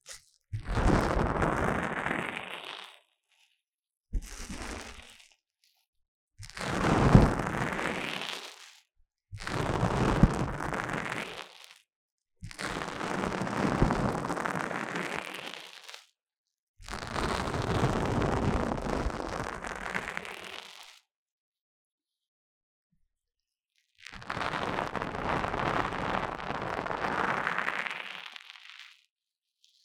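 Foam rubbing and massaging against the ears comes in separate bursts of dense, crackly rustling, each lasting a few seconds with short silences between. The scratchy texture fills the range from low rumble to bright hiss, and a longer quiet gap falls near twenty-two seconds.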